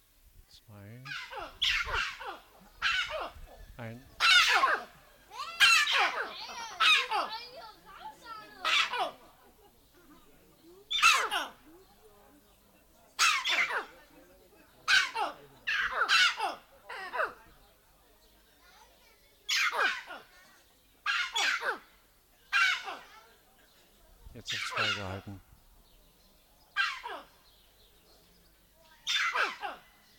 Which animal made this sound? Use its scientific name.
Cercocebus torquatus